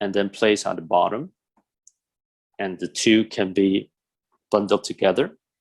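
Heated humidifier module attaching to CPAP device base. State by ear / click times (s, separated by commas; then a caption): not seated / none. Someone talks while a heated humidifier module, its casing removed, is placed on the bottom of a CPAP device base to be joined to it, with two faint brief ticks around 1.6 s and 1.9 s between phrases. Nothing has clicked or seated yet; the humidifier is still not latched home.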